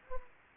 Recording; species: mosquito wingbeat signal from an infrared sensor; Anopheles gambiae